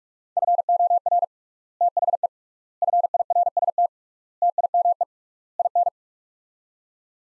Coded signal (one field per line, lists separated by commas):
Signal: Morse code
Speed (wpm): 46 wpm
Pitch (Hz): 700 Hz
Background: none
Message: FOR THE FIRST TIME IN